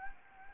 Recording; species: mosquito wingbeat signal from an infrared sensor; Anopheles gambiae